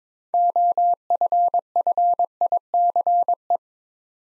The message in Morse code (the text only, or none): OFFICE